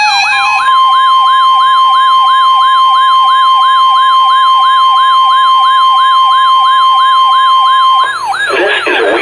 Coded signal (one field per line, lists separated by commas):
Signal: Emergency Alert System (SAME) tones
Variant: 1050 Hz attention tone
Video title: Required Weekly Test - 10/26/16 (EAS #1,236)